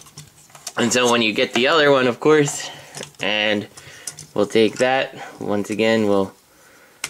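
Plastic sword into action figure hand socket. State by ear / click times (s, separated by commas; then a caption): seated / 7.0 s. A second plastic sword is angled past a small tab and pushed into the hand socket of a transforming robot action figure. Someone talks throughout, with a few faint ticks near the start. A sharp snap at 7.0 s marks the sword clicking and seating in the socket.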